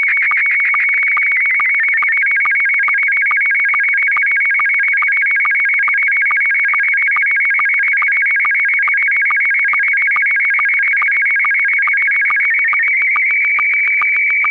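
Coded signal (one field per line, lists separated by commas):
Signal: SSTV (slow-scan television)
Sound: continuous warbling high tone, rapidly fluttering, with regular short low chirps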